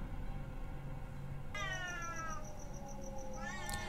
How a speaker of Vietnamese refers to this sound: Loáng thoáng trong cái tiếng khóc ấy là hình như có tiếng con mèo nó đang kêu, mà không phải tiếng kêu bình thường, mà giống như là hai con mèo nó đang kêu gào muốn đánh nhau vậy.